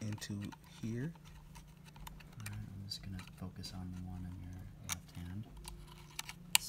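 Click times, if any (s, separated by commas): 6.6 s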